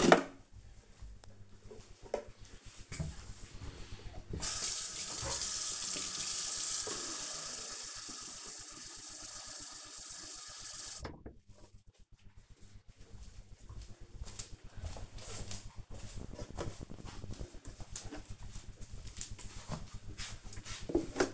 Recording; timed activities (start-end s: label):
household activities, microphone on the right wrist
0.00-21.34 s: watering plant